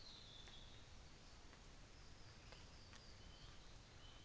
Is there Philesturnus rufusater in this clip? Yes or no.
no